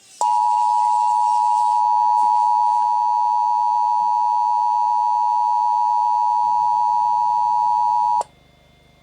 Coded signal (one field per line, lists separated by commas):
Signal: Emergency Alert System (SAME) tones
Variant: 853 and 960 Hz attention tone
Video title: Sage Relay: Severe Thunderstorm Warning (8/1/21)(EAS 820)